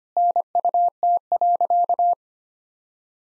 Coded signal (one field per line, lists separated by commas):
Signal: Morse code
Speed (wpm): 25 wpm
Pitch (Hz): 700 Hz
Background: none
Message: NUT.